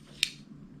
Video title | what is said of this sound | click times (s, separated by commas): Knife choices for people with a disability | it's quite easy to work with you just push it down walks in place push down locks | 0.2 s